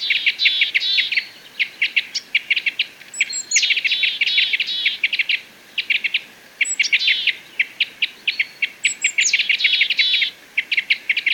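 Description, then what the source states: Parrot crossbill calls: a dense run of sharp, clipped chip notes repeated rapidly in bursts, with a few thin higher notes mixed in; no other clear sounds. Call type N.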